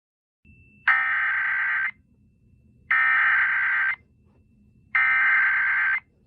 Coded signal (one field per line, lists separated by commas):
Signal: Emergency Alert System (SAME) tones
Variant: header bursts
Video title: EAS Scenario #4 The 450 MPH Tornado